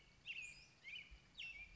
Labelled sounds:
American Robin (Turdus migratorius)
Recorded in Sonoma County, California

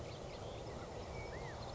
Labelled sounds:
California Quail (Callipepla californica)
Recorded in Sonoma County, California

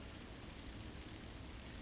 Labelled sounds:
California Towhee (Melozone crissalis)
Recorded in Sonoma County, California

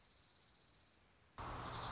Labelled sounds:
Dark-eyed Junco (Junco hyemalis)
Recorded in Sonoma County, California

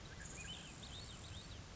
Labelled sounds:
Grasshopper Sparrow (Ammodramus savannarum)
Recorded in Sonoma County, California

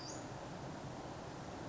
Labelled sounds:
Western Flycatcher (Empidonax difficilis)
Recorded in Sonoma County, California

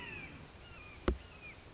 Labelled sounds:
Red-shouldered Hawk (Buteo lineatus)
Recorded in Sonoma County, California

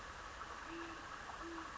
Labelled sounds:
Great Horned Owl (Bubo virginianus)
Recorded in Sonoma County, California

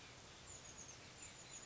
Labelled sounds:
Chestnut-backed Chickadee (Poecile rufescens)
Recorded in Sonoma County, California

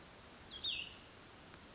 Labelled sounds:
Cassin's Vireo (Vireo cassinii)
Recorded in Sonoma County, California

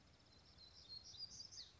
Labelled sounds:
Black-throated Gray Warbler (Setophaga nigrescens)
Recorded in Sonoma County, California

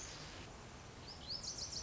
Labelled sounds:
Lazuli Bunting (Passerina amoena)
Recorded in Sonoma County, California

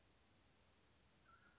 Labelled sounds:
Mountain Quail (Oreortyx pictus)
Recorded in Sonoma County, California

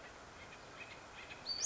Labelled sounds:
Western Flycatcher (Empidonax difficilis)
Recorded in Sonoma County, California

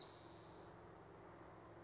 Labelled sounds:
Spotted Towhee (Pipilo maculatus)
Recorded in Sonoma County, California

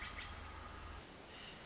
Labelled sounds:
Pacific Wren (Troglodytes pacificus)
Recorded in Sonoma County, California

